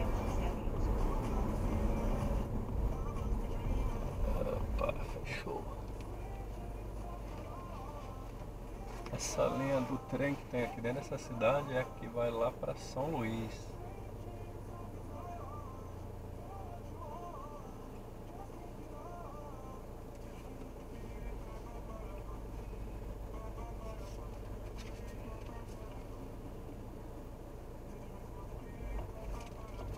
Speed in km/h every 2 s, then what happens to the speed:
41, 26, 3, 1, 0, 0, 0, 0, 0, 0, 0, 0, 0, 0, 1.
0-5 brakes to 1. 5-30 standing.